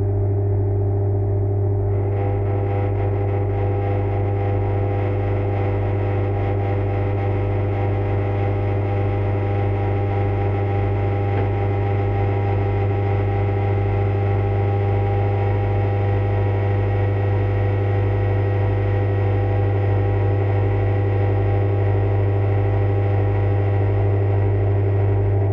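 A steady, unchanging drone of several layered tones with a strong low hum, brightening slightly after about two seconds and holding level throughout.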